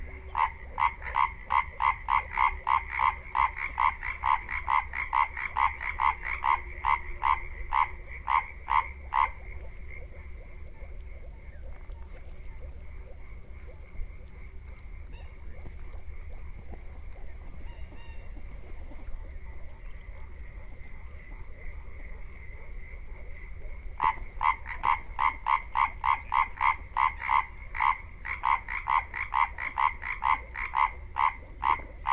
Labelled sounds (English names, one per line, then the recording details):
Common Tree Frog call
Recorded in the wild
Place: Kützerhof, Kummerower See, Mecklenburg-Vorpommern, DE
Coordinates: 53.8561, 12.8611
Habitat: wetland
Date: 2010-04-13 22:40
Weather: klare Nacht, 8°C, windstill, Wassertemperatur 10°C
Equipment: Sound Devices 702, zwei Sennheiser MKH 40, Rycote Windschutz
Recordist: Frommolt, Karl-Heinz